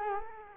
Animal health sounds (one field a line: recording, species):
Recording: mosquito wingbeat signal from an infrared sensor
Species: Culex quinquefasciatus